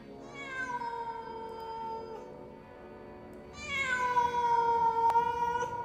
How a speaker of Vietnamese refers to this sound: Đúng vào cái thời điểm đó thì Tiểu Bảo, con mèo đang nằm ở trong giường, bỗng nhảy dựng lên sù lông, kêu lên những tiếng thảm thiết.